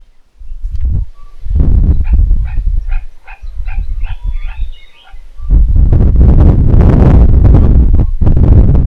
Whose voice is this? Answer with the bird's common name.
Bruce's Green-pigeon